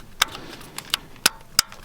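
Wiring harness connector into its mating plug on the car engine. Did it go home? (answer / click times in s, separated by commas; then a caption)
yes / 1.6 s. A wiring harness connector, found unplugged while checking the car's engine bay wiring, is pushed home into its mating plug on the engine. A run of short, sharp clicks and knocks sounds over a low background, and the connector clicks into place at 1.6 s.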